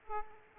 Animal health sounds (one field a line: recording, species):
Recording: mosquito wingbeat signal from an infrared sensor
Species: Aedes aegypti